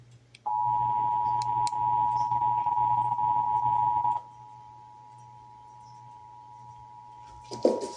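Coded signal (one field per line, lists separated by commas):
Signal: Emergency Alert System (SAME) tones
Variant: 853 and 960 Hz attention tone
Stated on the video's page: Texas required monthly test heard on several radio and television stations.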